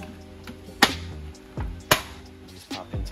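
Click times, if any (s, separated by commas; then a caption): 0.8 s, 1.9 s. A plastic wall panel of a toy throne-room playset is pressed into the notches on the playset's back section. Two sharp snaps ring out at 0.8 s and 1.9 s, and the panel pops into place and fits snugly.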